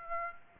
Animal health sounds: mosquito wingbeat signal from an infrared sensor; Aedes aegypti

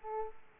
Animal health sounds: mosquito wingbeat signal from an infrared sensor; Aedes aegypti

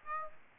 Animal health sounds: mosquito wingbeat signal from an infrared sensor; Aedes aegypti

